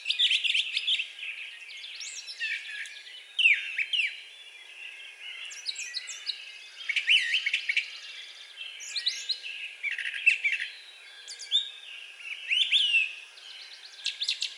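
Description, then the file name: Brown thrasher song: a continuous flow of varied, sharp phrases, some repeated. Recorded 4 June 2020. "2020-06-04 Brown Thrasher"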